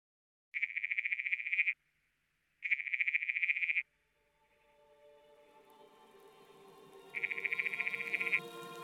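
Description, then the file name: Frog calling in two loud, buzzy pulsed trills about a second long each, then a third after a longer pause, as background hum and noise rise. "rana"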